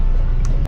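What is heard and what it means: A torque wrench tightens a 17 mm steel oil drain bolt with a new bronze crush washer into the engine oil pan of a 2025 G82 M4 CS, set to 25 Nm during its 1200-mile break-in service. Over a steady low rumble, the wrench gives a sharp click at 0.5 s, followed by a fainter tick at 0.7 s as the background drops. The bolt is torqued to spec, not extremely tight.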